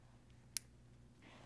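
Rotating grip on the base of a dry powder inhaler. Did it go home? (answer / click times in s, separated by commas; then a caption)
yes / 0.6 s. The rotating plastic grip on the base of a breath-activated dry powder inhaler, a Flexhaler, is turned left and then back right to prime it. A single sharp, bright click is heard at 0.6 s against a quiet background. The grip seats into position with the click.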